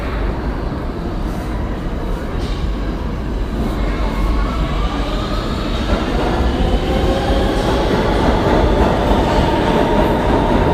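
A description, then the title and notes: A subway train rumbles through the station, a dense, steady low roar that grows gradually louder over the clip. From about halfway on, whining motor tones slide upward in pitch above the rumble, with faint metallic clicks scattered throughout. Times Square Subway.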